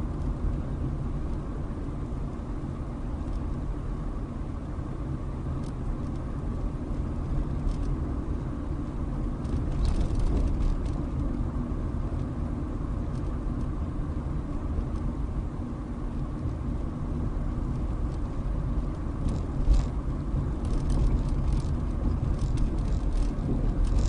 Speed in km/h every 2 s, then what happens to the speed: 29, 29, 29, 31, 31, 31, 31, 29, 29, 29, 29, 31.
0-24 steady at about 29.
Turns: none.